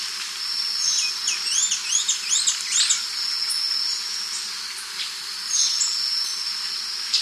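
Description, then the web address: Black-and-white becard giving a quick run of high, rising and falling whistled notes lasting about two seconds, over a steady insect buzz. South America. "Natures Songs S America Black-And-White Becard"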